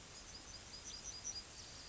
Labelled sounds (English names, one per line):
Yellowhammer song